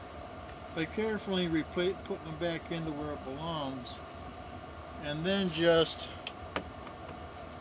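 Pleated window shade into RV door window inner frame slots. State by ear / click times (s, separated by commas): seated / 6.3 s, 6.6 s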